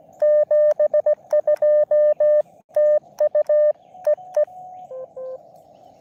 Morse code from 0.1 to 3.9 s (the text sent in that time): 72 TU